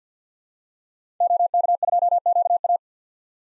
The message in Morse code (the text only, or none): OK2QA